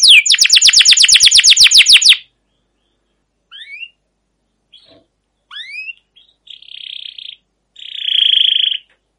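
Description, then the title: Canary song opening with a two-second fast trill of high notes, followed by scattered short rising chirps and two brief buzzy bursts separated by silence. Canary long rolling trilled song ('ngerol', 'gacor'), used as a tutor song to lure other canaries to sing. "CUIT CUIT NGEROL LANGSUNG GACOR PANJANG Kenari Ini AMPUH Utk Pancingan KENAR. Masteran Suara Burung Kenari Gacor Panjang cuit cuit Ngerol untuk Pancingan Kenari!"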